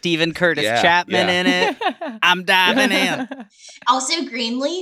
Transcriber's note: laughter